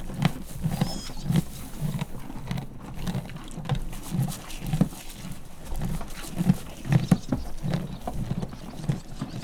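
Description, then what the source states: Horse munching corn in repeated low crunches. Farmyard; horse eating corn and stamping with its foot.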